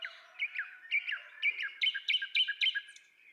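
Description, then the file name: Common nightingale delivering a series of loud downslurred notes over a faint steady whistle. "Luscinia megarhynchos"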